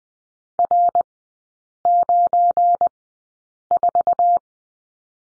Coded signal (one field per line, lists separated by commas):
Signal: Morse code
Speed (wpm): 20 wpm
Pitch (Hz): 700 Hz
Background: none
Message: R94